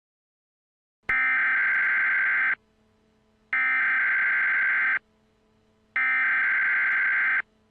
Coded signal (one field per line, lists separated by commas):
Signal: Emergency Alert System (SAME) tones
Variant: header bursts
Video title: EAS Scenario - Spacial Rand (Part 1)